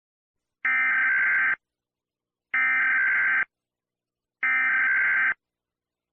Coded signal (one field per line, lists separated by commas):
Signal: Emergency Alert System (SAME) tones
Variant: header bursts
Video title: EAS Scenario- Among Us